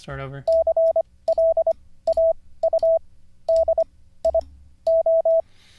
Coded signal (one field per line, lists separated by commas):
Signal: Morse code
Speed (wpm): 25 wpm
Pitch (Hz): 660 Hz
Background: speech, radio noise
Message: CLAUDIO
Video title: How to Learn Morse Code (Day 43) [Livestream]